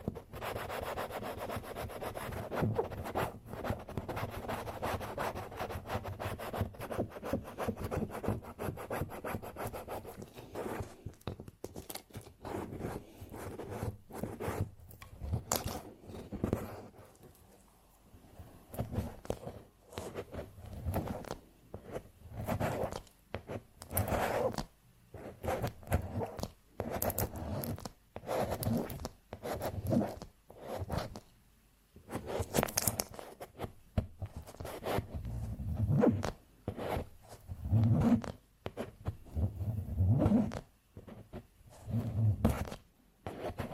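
Candle wax scraped in a dense, rasping run for about fifteen seconds, then in shorter scratchy strokes with brief pauses between them.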